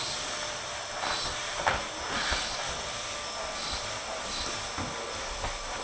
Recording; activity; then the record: daily activity, microphone in the room; vacuum cleaning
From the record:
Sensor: 5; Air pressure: 988.8 hPa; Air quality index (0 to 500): 236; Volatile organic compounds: 200 ppm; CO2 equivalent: 4213 ppm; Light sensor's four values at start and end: 38/120/46/49 and 38/117/46/49